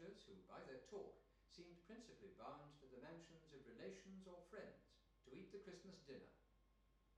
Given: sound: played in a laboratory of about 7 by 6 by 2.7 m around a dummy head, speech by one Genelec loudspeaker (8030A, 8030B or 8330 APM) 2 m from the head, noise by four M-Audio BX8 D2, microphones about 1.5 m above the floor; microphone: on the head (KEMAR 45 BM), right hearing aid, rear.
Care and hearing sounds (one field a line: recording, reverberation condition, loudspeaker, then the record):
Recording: male speech in English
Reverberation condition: medium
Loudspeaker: 120 degrees to the left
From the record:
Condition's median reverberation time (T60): about 510 ms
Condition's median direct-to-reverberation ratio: about -0.5 dB